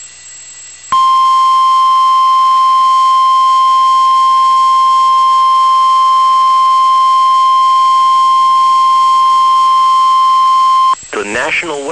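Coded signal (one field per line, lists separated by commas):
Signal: Emergency Alert System (SAME) tones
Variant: 1050 Hz attention tone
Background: speech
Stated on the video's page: Real NOAA Weather Radio severe thunderstorm warning.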